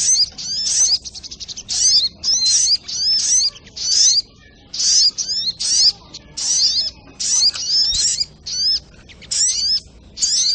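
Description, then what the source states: Little Spiderhunter giving a lively song of piercing, sharply slurred chirps in short clusters, some phrases run together, others separated by brief silences. Training recording (masteran) of the sogok ontong's song, labelled 'labaik'.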